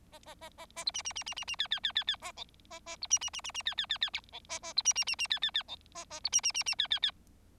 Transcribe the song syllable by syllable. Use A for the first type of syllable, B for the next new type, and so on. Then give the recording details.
A A A A A B C C C C C C D D D D D A E A A B C C C C C D D D D E A A B C C C C D D D E A A B C C C C D D D. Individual Bird4